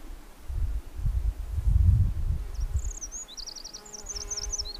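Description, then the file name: Eurasian wren bursting into a quick, high-pitched trilling song near the end, after heavy gusts of wind rumble. "Troglodytes troglodytes"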